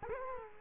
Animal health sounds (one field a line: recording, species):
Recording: mosquito wingbeat signal from an infrared sensor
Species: Culex quinquefasciatus